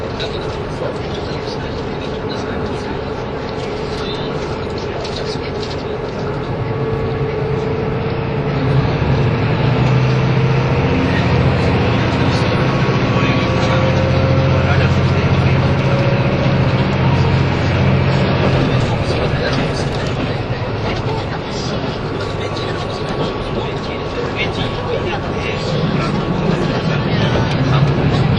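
Running sound of a train travelling between Nagoya and Toyama, a dense, steady rumble throughout. A low engine drone swells and grows louder from about nine seconds to twenty, with a faint rising whine alongside. Murmuring voices sit underneath.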